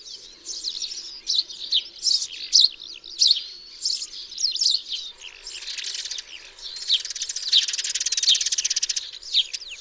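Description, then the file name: Eurasian tree sparrows chirping in a busy, overlapping chorus of short bright notes, with a stretch of buzzy rapid chatter toward the end. "MAZUREK"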